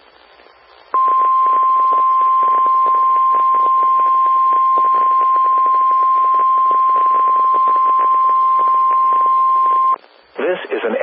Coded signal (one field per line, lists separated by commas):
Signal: Emergency Alert System (SAME) tones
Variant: 1050 Hz attention tone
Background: speech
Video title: EAS Tsunami Drill (Required Monthly Test) Los Angeles, California NOAA Weather Radio